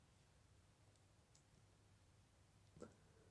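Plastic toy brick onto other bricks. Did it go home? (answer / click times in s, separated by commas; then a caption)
no / none. A plastic toy brick is handled and fitted onto other plastic bricks, giving faint light ticks over a low steady background hum and one brief, slightly louder tap at about 2.8 s. The brick has not clicked into place; nothing has seated yet.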